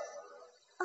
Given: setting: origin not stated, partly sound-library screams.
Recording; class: one-second piece from a danger detection set; woman in danger